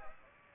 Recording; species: mosquito wingbeat signal from an infrared sensor; Aedes aegypti